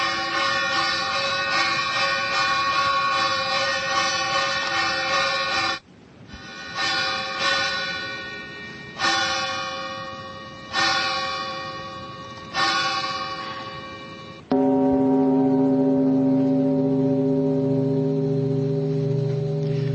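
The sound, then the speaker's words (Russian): A huge 13-ton monastery bell on Mount Athos, Greece, the largest bell on Athos and in all of Greece, tolls loudly, struck about every two seconds, each stroke swelling into a rich, shimmering ring that never fully fades, ending in a deep, sustained hum. “Ударил 13-тонный наш колокол, который самый большой на Афоне и вообще в Греции.”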